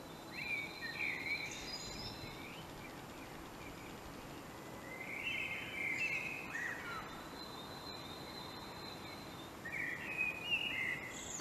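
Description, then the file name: Common blackbird singing three mellow warbled phrases with squeaky high finishes, a thin steady high tone at times and background hiss throughout. "Turdus merula"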